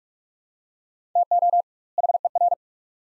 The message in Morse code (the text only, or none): TO HER